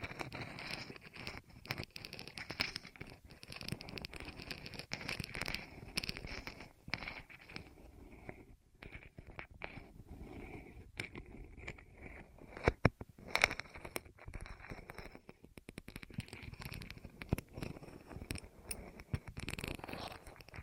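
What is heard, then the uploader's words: Rolling sounds for ASMR: dense crackly rustling and soft scraping with quick clicks, thinning after seven seconds, with a sharp tap near thirteen. ASMR Rolling On Your Ears (No Talking).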